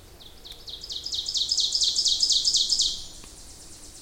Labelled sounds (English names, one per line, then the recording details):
Ovenbird song
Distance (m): 20 m
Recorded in boreal forest in Alberta, Canada, on 26 May 2016 at 07:26
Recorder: SongMeter 3, array SBT-3-15
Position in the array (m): 38 m, 234 m
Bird 20